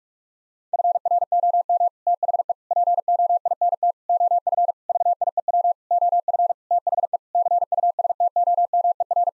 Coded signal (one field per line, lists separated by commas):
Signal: Morse code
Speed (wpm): 46 wpm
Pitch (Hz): 700 Hz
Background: none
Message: FROM THE POINT OF VIEW OF THE CUSTOMER